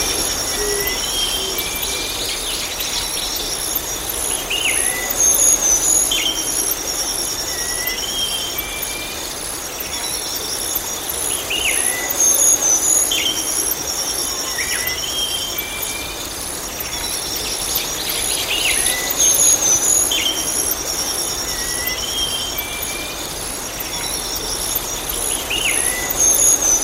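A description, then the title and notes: A water stream flows steadily, a dense, even rush that fills the whole clip without pause. Above it, night insects trill in a fast, regular pulse high up, while short, bright chirping calls recur every second or so. Japanese Water Stream and Celestial Nocturnes. The gentle flow of a Japanese water stream and the celestial melodies of the night.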